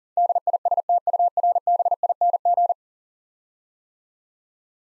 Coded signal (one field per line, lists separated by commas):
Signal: Morse code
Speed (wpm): 38 wpm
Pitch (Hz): 700 Hz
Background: none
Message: DISTURBING